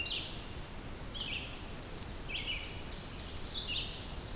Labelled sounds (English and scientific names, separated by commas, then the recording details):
Red-eyed Vireo (Vireo olivaceus) song
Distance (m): 40 m
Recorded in boreal forest in Alberta, Canada, on 2 June 2016 at 07:55
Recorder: SongMeter 3, array SBT-3-7
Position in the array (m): 81 m, 141 m